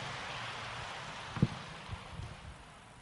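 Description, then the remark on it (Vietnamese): An audience at a Buddhist teaching session applauds to welcome a monk's talk, in a steady, dense wash of clapping at moderate volume, tapering slightly toward the end, with no voices. “Xin vị dành tràng pháo tay để lắng nghe sự chia sẻ”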